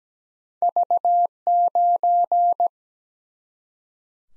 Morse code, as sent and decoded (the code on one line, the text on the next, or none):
...- ----.
V9